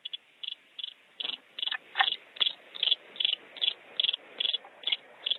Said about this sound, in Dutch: Waarrempel, daar zat hij, de knoflookpad.